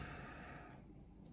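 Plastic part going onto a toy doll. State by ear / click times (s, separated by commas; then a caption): not seated / none. A plastic part is pushed onto a plastic boy doll, but it fails to snap in and does not lock in place, so nothing has clicked or seated. Only faint, quiet handling noise is heard, with a brief soft tap near 1.3 seconds. The part doesn't fit, which is put down to the toy's poor quality.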